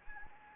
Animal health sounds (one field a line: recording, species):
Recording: mosquito wingbeat signal from an infrared sensor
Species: Anopheles gambiae